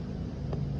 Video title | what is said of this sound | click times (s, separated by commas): How To change spark plugs & wires using a 2000 Saturn SL2 | and you hear a click | 0.5 s